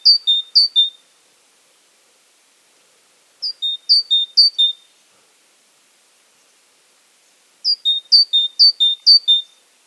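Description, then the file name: Great tit giving repeated two-note phrases, high slurred then lower steady, in three short bursts spaced several seconds apart, with quiet between them. "Parus major"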